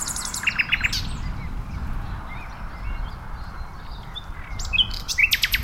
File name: Luscinia megarhynchos